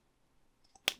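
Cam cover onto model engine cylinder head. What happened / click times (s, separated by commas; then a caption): The small cover snapped into place / 0.9 s. The second side cam cover of a 1:8 scale Lamborghini Miura model engine is lined up and pushed onto the metal cylinder head. After quiet handling and a faint tick at 0.8 s, it snaps into place with a sharp click at 0.9 s, and the cover is seated.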